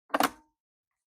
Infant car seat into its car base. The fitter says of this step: You're going to hear a clicking sound.